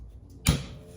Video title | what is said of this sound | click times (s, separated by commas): S&W FPC Bolt Catch removal &Installation 6/7/2024 | There we go. And it'll snap right into place like that because there's a lot of pressure on that little spring right there. | 0.5 s